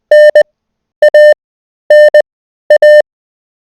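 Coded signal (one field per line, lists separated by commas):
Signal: Morse code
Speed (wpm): 20 wpm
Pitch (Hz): 600 Hz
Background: none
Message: NANA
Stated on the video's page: Morse code learning tool.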